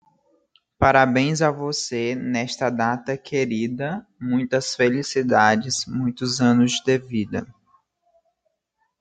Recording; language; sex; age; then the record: short text; Brazilian Portuguese; female; 20 to 29 years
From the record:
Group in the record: control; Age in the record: 22 years